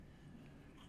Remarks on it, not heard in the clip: You can hear my dog snoring on the couch as per usual. It's late at night, so she's nice and tired.